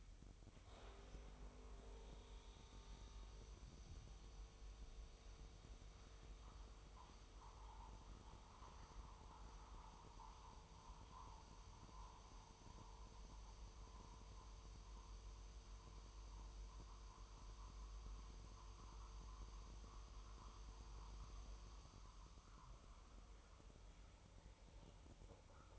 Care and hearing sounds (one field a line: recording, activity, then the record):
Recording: daily activity, microphone in the room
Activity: make coffee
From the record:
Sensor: 1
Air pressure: 988.5 hPa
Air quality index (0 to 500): 197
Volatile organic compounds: 958 ppm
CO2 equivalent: 5249 ppm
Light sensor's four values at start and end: 26/95/36/38 and 26/95/36/38